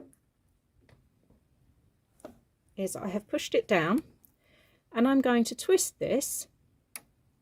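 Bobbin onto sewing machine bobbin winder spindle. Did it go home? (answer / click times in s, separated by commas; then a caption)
yes / 7.0 s. A plastic sewing-machine bobbin, already pushed down onto the bobbin winder spindle, is twisted until it locks onto the small spring wire. Someone talks, then a sharp click is heard at 7.0 s as the bobbin seats onto the spindle.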